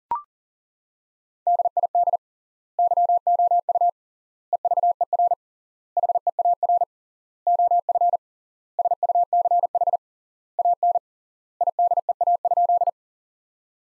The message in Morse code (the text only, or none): DID YOU EVER HEAR OF SUCH AN IDEA?